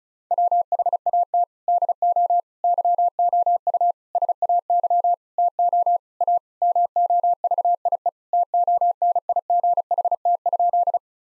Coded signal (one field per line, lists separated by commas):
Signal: Morse code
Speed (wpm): 34 wpm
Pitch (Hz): 700 Hz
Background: none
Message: WHAT DO YOU SAY TO A MOVIE TONIGHT?